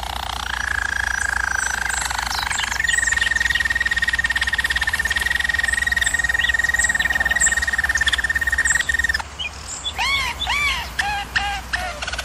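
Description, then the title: German Roller canary song: rolling tour leading into a long even trill on one pitch, ending in separate arched, looping chirps. German Roller canary singing, used for canary training. "German Roller Canary Singing - Canary Training Vid"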